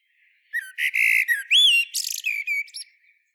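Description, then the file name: Common blackbird sounds, a quick jumble of squeaks, rasping buzzes and a rising slurred whistle, fading out at the end. "Turdus merula"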